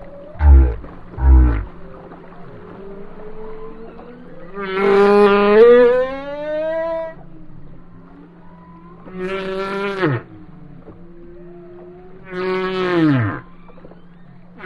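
Whale song opening with two deep thumping pulses, followed by three rich harmonic wails that rise and then sweep downward.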